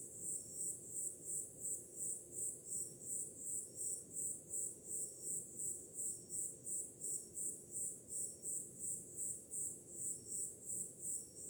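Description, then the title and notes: Crickets keep up a regular, high-pitched pulsing chirp, around three beats per second, while waves rumble softly beneath. Summer night, with ocean sound in the background. "Som do mar ao fundo, grilos e cigarras em uma noite de verão – Ocean, crickets and cicadas in a summer night"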